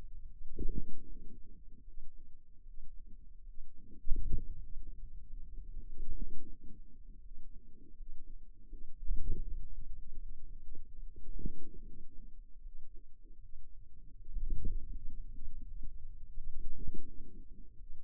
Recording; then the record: forearm muscle sounds (acoustic myography)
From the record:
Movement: wrist flexion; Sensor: system 2, bracelet of six BSWA MPA416 microphones around the upper forearm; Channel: 3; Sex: female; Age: 23 years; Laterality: right